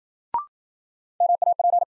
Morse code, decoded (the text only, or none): MAP